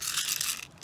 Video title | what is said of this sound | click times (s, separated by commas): Daisy Powerline 340 BB Pistol Review | pull this back until it you hear it lock | 0.4 s